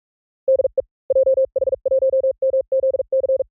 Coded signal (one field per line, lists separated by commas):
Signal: Morse code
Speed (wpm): 44 wpm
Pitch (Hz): 530 Hz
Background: none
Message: DE JH1MZC